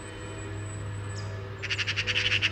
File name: Pica pica